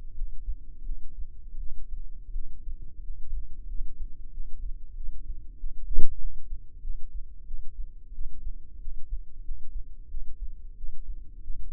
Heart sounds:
heart sounds by microphone in the left ear; 90 bpm
0.14 s: heartbeat
0.83 s: heartbeat
1.57 s: heartbeat
2.32 s: heartbeat
3.02 s: heartbeat
3.67 s: heartbeat
4.31 s: heartbeat
4.95 s: heartbeat
5.58 s: heartbeat
6.18 s: heartbeat
6.81 s: heartbeat
7.45 s: heartbeat
8.12 s: heartbeat
8.79 s: heartbeat
9.43 s: heartbeat
10.08 s: heartbeat
10.75 s: heartbeat
11.41 s: heartbeat
From the record:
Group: healthy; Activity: rest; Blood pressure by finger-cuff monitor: 87/60 mmHg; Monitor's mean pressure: 69 mmHg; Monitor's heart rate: 91 bpm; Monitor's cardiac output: 7.2 L/min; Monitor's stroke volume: 79 mL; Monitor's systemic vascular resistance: 680 dyn s/cm5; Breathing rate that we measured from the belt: 20 breaths a minute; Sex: female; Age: 19 years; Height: 163 cm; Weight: 48.9 kg

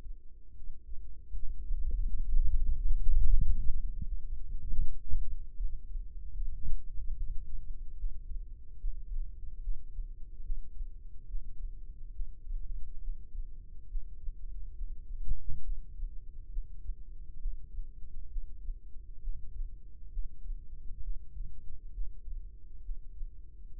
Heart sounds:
heart sounds by microphone in the right ear; 72 bpm
0.53 s: heartbeat
1.32 s: heartbeat
2.06 s: heartbeat
2.74 s: heartbeat
3.40 s: heartbeat
4.06 s: heartbeat
4.77 s: heartbeat
5.56 s: heartbeat
6.33 s: heartbeat
7.15 s: heartbeat
7.96 s: heartbeat
8.78 s: heartbeat
9.60 s: heartbeat
10.42 s: heartbeat
11.26 s: heartbeat
12.12 s: heartbeat
13.00 s: heartbeat
13.88 s: heartbeat
14.74 s: heartbeat
15.62 s: heartbeat
16.49 s: heartbeat
17.38 s: heartbeat
18.28 s: heartbeat
19.20 s: heartbeat
20.09 s: heartbeat
21.01 s: heartbeat
21.91 s: heartbeat
22.81 s: heartbeat
23.71 s: heartbeat
From the record:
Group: healthy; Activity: rest 0-4 s, breath hold 4-24 s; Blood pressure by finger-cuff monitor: 130/74 mmHg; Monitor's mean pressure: 96 mmHg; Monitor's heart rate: 71 bpm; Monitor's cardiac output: 7 L/min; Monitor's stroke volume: 98 mL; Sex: female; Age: 22 years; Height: 161 cm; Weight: 65.5 kg

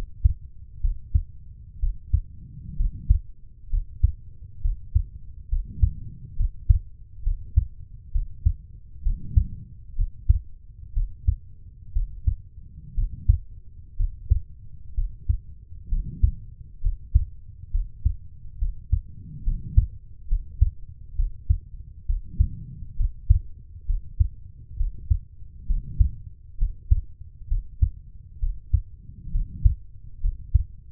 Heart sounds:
heart sounds by stethoscope; 65 bpm
0.80 s: heartbeat
1.79 s: heartbeat
2.76 s: heartbeat
3.69 s: heartbeat
4.61 s: heartbeat
5.48 s: heartbeat
6.36 s: heartbeat
7.22 s: heartbeat
8.11 s: heartbeat
9.02 s: heartbeat
9.95 s: heartbeat
10.93 s: heartbeat
11.92 s: heartbeat
12.94 s: heartbeat
13.96 s: heartbeat
14.94 s: heartbeat
15.88 s: heartbeat
16.81 s: heartbeat
17.70 s: heartbeat
18.58 s: heartbeat
19.43 s: heartbeat
20.27 s: heartbeat
21.15 s: heartbeat
22.05 s: heartbeat
22.96 s: heartbeat
23.85 s: heartbeat
24.76 s: heartbeat
25.66 s: heartbeat
26.57 s: heartbeat
27.47 s: heartbeat
28.39 s: heartbeat
29.31 s: heartbeat
30.20 s: heartbeat
From the record:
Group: healthy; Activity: rest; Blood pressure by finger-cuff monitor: 99/68 mmHg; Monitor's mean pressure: 76 mmHg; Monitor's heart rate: 66 bpm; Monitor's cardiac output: 4.8 L/min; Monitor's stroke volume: 73 mL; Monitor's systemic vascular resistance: 1140 dyn s/cm5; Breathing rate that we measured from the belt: 18 breaths a minute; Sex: female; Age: 23 years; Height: 160 cm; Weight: 50.4 kg

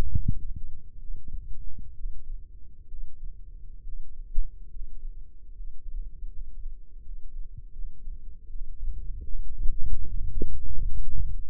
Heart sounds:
heart sounds by microphone in the left ear; 73 bpm
0.10 s: heartbeat
0.98 s: heartbeat
1.94 s: heartbeat
2.87 s: heartbeat
3.83 s: heartbeat
4.69 s: heartbeat
5.53 s: heartbeat
6.29 s: heartbeat
7.02 s: heartbeat
7.72 s: heartbeat
8.49 s: heartbeat
9.26 s: heartbeat
10.03 s: heartbeat
10.84 s: heartbeat
From the record:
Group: healthy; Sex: male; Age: 35 years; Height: 178 cm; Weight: 64 kg

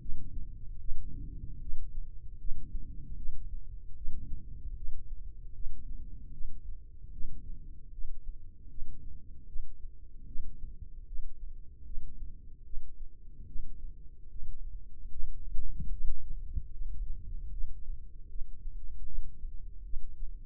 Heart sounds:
heart sounds by microphone in the left ear; 76 bpm
0.01 s: heartbeat
0.81 s: heartbeat
1.62 s: heartbeat
2.40 s: heartbeat
3.18 s: heartbeat
3.97 s: heartbeat
4.77 s: heartbeat
5.55 s: heartbeat
6.34 s: heartbeat
7.13 s: heartbeat
7.93 s: heartbeat
8.71 s: heartbeat
9.48 s: heartbeat
10.28 s: heartbeat
11.08 s: heartbeat
11.86 s: heartbeat
12.66 s: heartbeat
13.48 s: heartbeat
14.31 s: heartbeat
15.12 s: heartbeat
15.93 s: heartbeat
16.73 s: heartbeat
17.53 s: heartbeat
18.30 s: heartbeat
19.07 s: heartbeat
19.85 s: heartbeat
From the record:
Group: healthy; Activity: rest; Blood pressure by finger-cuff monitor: 129/75 mmHg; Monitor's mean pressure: 94 mmHg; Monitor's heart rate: 76 bpm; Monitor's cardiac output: 4.3 L/min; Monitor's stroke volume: 57 mL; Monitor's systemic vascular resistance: 1610 dyn s/cm5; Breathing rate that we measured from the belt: 19 breaths a minute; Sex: male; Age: 55 years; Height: 167 cm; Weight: 57.2 kg

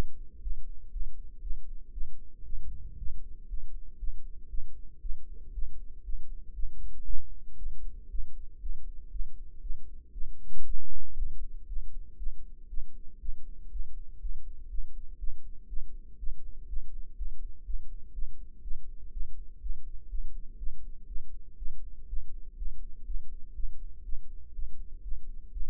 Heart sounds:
heart sounds by microphone in the right ear; 120 bpm
0.42 s: heartbeat
0.92 s: heartbeat
1.42 s: heartbeat
1.92 s: heartbeat
2.44 s: heartbeat
2.97 s: heartbeat
3.48 s: heartbeat
3.99 s: heartbeat
4.49 s: heartbeat
5.01 s: heartbeat
5.53 s: heartbeat
6.04 s: heartbeat
6.54 s: heartbeat
7.05 s: heartbeat
7.57 s: heartbeat
8.10 s: heartbeat
8.61 s: heartbeat
9.11 s: heartbeat
9.61 s: heartbeat
10.12 s: heartbeat
10.65 s: heartbeat
11.17 s: heartbeat
11.67 s: heartbeat
12.18 s: heartbeat
12.68 s: heartbeat
13.20 s: heartbeat
13.71 s: heartbeat
14.20 s: heartbeat
14.69 s: heartbeat
15.18 s: heartbeat
15.68 s: heartbeat
16.18 s: heartbeat
16.68 s: heartbeat
17.17 s: heartbeat
17.65 s: heartbeat
18.13 s: heartbeat
18.62 s: heartbeat
19.11 s: heartbeat
19.61 s: heartbeat
20.09 s: heartbeat
20.58 s: heartbeat
21.07 s: heartbeat
21.57 s: heartbeat
22.08 s: heartbeat
22.57 s: heartbeat
23.06 s: heartbeat
23.54 s: heartbeat
24.04 s: heartbeat
24.53 s: heartbeat
25.03 s: heartbeat
25.52 s: heartbeat
From the record:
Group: healthy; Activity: rest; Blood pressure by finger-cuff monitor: 136/74 mmHg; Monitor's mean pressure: 90 mmHg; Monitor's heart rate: 120 bpm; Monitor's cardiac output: 9.6 L/min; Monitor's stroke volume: 79 mL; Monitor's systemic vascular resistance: 690 dyn s/cm5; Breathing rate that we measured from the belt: 22 breaths a minute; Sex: female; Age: 19 years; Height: 163 cm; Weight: 51 kg

